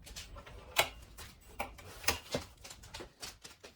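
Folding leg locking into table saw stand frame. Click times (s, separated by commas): 0.8 s, 2.1 s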